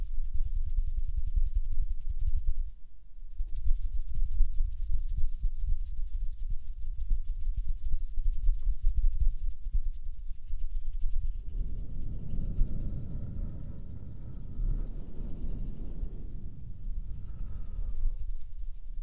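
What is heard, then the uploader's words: Hands move softly, producing a steady low rumbling rub with dense, fine crackle through most of the clip. A brief pause comes near three seconds, and from about eleven seconds the rubbing turns fuller and slightly higher, with a faint thin whine above it. HAND SOUNDS + SOFT HAND MOVEMENS.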